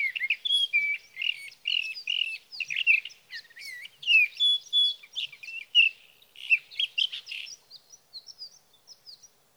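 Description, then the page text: Sage thrasher song: a long run of fast warbling with varied slurred and buzzy notes, ending in thin high notes. Male singing at night near his night roost, three nights from June 12 to June 15, 2018, Sierra Valley, California; captured on a Swift recorder. "61. Sage thrasher songs, through the night."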